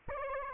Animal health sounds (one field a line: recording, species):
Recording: mosquito wingbeat signal from an infrared sensor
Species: Aedes albopictus